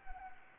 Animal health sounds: mosquito wingbeat signal from an infrared sensor; Anopheles gambiae

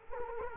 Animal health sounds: mosquito wingbeat signal from an infrared sensor; Culex quinquefasciatus

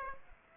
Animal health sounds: mosquito wingbeat signal from an infrared sensor; Aedes aegypti

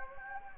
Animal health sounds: mosquito wingbeat signal from an infrared sensor; Anopheles gambiae

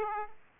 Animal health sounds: mosquito wingbeat signal from an infrared sensor; Aedes aegypti

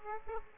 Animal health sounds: mosquito wingbeat signal from an infrared sensor; Aedes aegypti

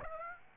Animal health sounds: mosquito wingbeat signal from an infrared sensor; Aedes aegypti

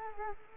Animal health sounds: mosquito wingbeat signal from an infrared sensor; Culex quinquefasciatus

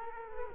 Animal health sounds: mosquito wingbeat signal from an infrared sensor; Culex quinquefasciatus

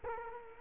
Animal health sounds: mosquito wingbeat signal from an infrared sensor; Culex quinquefasciatus

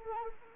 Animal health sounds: mosquito wingbeat signal from an infrared sensor; Anopheles arabiensis

